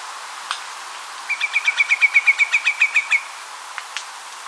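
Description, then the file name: Hudsonian whimbrel uttering a fast rippling string of about fifteen evenly spaced whistled notes, followed by faint ticks against background hiss. "canto do macarico de bico torto"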